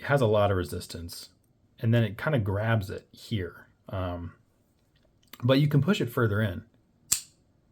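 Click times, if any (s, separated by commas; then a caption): 7.1 s. Someone talks while a screwdriver bit is pushed past the first detent and fully into the quick-release socket of a ratchet driver handle. A single sharp click sounds at 7.1 s as the bit locks firmly into place.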